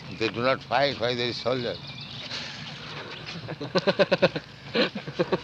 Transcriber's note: laughter